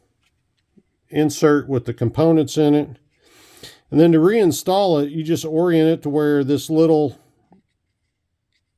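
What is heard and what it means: Someone talks while orienting a grip storage insert, with components inside, so its small ledge faces the back before sliding it into a rifle's pistol grip. This is only handling, and nothing has seated or clicked yet. Apart from the speech there is only a faint rustle around 3.6 s and two tiny ticks near 0.6 s and 7.5 s.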